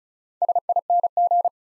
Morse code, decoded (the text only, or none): SING